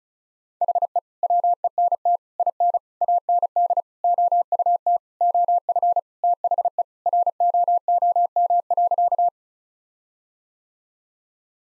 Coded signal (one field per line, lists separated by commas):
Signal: Morse code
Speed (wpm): 36 wpm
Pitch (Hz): 700 Hz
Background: none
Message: HE WENT IN AND OUT OF THE ROOM.